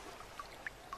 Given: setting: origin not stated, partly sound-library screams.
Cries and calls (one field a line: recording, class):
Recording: one-second piece from a danger detection set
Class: normal situation